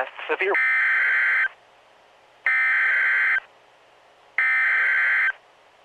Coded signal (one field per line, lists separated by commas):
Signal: Emergency Alert System (SAME) tones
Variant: header bursts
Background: speech